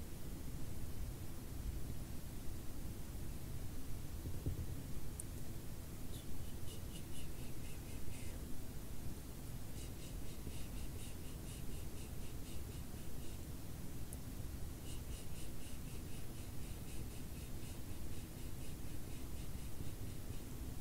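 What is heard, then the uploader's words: Face brushing for ASMR over a constant, dense hiss with a heavy low rumble. From about five seconds on, soft bright bristle ticks come in quick runs, fading briefly around nine and fourteen seconds before resuming. The overall level stays even throughout. ASMR BRUSHING YOUR FACE, BRUSHING YOU TO SLEEP, BRUSHING CAMERA.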